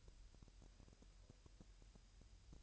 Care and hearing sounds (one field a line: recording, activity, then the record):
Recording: daily activity, microphone in the room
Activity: take from stove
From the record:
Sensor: 2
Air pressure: 1001.8 hPa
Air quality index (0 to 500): 243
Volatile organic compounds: 33 ppm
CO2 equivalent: 3013 ppm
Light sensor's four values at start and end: 5/11/4/4 and 5/11/4/4